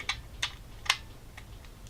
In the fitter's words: and snaps into place just like that